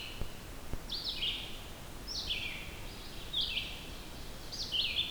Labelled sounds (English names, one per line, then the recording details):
Red-eyed Vireo song
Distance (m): 45 m
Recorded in boreal forest in Alberta, Canada, on 14 June 2016 at 06:54
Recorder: SongMeter 3, array SBT-3-33
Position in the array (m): 148 m, 176 m